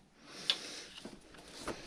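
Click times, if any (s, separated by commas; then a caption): 0.5 s. A carbon fiber axle brace is worked onto the plastic axle housing of an RC monster truck. That side was hard to fit and had to be worked in, and it clicks on sharply at 0.5 s, followed by a few softer handling sounds. The brace is seated.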